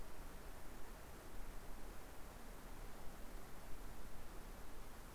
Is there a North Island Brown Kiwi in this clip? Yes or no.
no